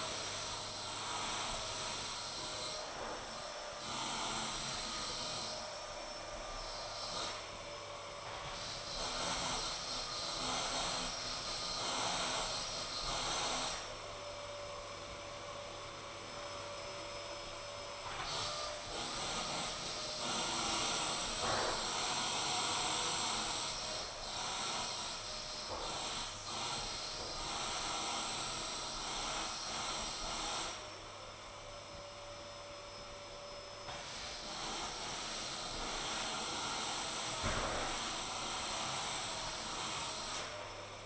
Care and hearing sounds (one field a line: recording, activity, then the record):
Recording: daily activity, microphone in the room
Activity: vacuum cleaning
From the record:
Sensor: 5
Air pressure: 999.4 hPa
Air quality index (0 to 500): 226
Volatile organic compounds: 23 ppm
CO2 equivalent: 2768 ppm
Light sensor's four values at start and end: 34/79/31/30 and 34/79/31/30